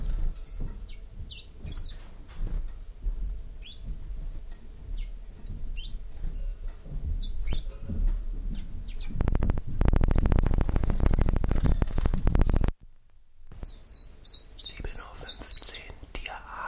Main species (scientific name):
Phylloscopus collybita